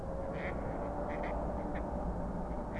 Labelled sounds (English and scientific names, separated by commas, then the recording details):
Mallard (Anas platyrhynchos)
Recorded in Germany
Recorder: ecoPi